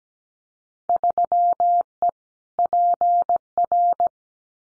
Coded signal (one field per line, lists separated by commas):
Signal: Morse code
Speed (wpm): 17 wpm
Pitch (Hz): 700 Hz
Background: none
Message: 3E PR